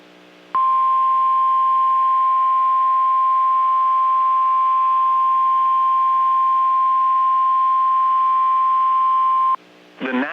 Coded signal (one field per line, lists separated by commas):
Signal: Emergency Alert System (SAME) tones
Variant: 1050 Hz attention tone